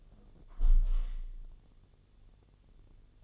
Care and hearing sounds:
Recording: daily activity, microphone in the room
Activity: close window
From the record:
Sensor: 4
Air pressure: 1015.8 hPa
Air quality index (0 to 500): 118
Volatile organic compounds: 3 ppm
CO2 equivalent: 1331 ppm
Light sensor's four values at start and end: 9/20/8/7 and 9/20/8/7

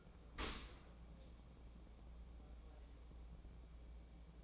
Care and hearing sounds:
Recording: daily activity, microphone in the room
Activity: open dishwasher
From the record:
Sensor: 1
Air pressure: 1012.4 hPa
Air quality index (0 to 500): 172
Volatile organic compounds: 3 ppm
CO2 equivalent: 1401 ppm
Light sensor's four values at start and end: 288/649/289/311 and 292/660/293/317

